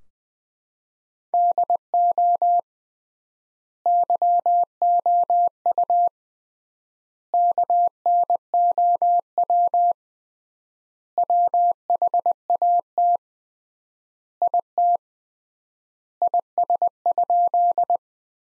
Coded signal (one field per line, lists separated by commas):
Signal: Morse code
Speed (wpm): 21 wpm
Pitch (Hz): 700 Hz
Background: none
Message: DO YOU KNOW WHAT IT IS?